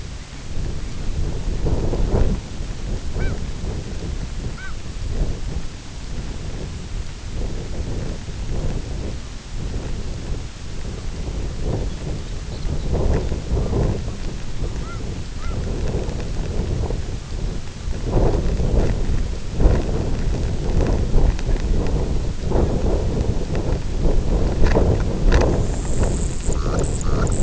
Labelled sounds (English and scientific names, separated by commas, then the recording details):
unidentified sound, Lapland Longspur (Calcarius lapponicus), White-rumped Sandpiper (Calidris fuscicollis)
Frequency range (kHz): Lapland Longspur (Calcarius lapponicus) 2.8-4.8 kHz
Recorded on Arctic tundra, site IGLO-F, on 24 June 2018
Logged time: 10:00